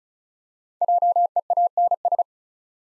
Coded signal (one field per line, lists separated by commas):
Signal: Morse code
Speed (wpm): 36 wpm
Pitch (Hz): 700 Hz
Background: none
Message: JEANS